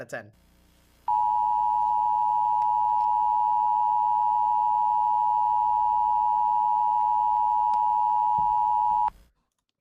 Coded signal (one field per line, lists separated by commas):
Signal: Emergency Alert System (SAME) tones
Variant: 853 and 960 Hz attention tone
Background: speech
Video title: Reacting to EAS alarms from around the world.. (VOD)